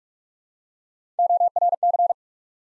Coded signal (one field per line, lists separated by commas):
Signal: Morse code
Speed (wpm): 44 wpm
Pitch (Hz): 700 Hz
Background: none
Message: ORC